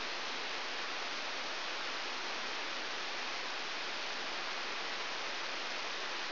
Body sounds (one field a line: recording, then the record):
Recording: brain microelectrode recording played as sound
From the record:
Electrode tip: outside the subthalamic nucleus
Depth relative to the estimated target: -5 mm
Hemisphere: right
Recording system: AlphaMap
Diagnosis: Parkinson's disease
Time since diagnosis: 13 years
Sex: male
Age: 63 years